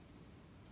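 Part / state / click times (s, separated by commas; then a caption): magnetic flap closure on a leather bag's front pocket / not seated / none. The magnetic flap closure on the front pocket of a leather bag is handled as the flap is brought toward closing, with only a steady low rumble and faint background noise. Nothing has snapped or clicked into place yet; the magnetic catch needs no force to close.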